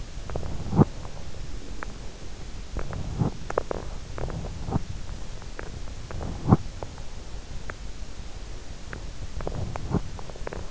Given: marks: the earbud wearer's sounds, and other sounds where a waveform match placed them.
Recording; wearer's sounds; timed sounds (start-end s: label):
sounds in sleep by an in-ear microphone; teeth grinding
0.00-0.91 s: teeth grinding
2.60-3.97 s: teeth grinding
4.09-4.90 s: teeth grinding
6.13-6.99 s: teeth grinding
9.22-10.71 s: teeth grinding